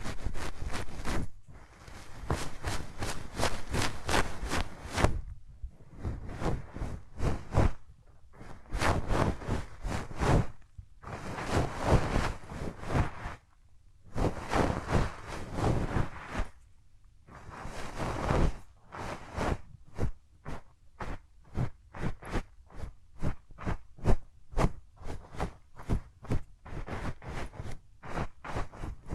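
Hands rub close against the microphone in quick, regular strokes, each a short scratchy swish from deep to bright. The strokes come in bursts of several seconds separated by brief near-silent pauses, and later settle into faster, steady rubbing. No voice is heard.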